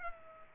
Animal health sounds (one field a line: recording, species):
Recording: mosquito wingbeat signal from an infrared sensor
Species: Culex pipiens